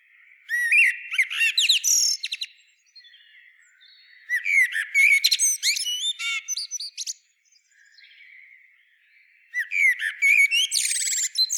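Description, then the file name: Common blackbird song in three phrases with pauses between, rich warbled whistles overlaid with fast, high, chattering twitters, the last ending in a buzzy high flourish. "Turdus merula"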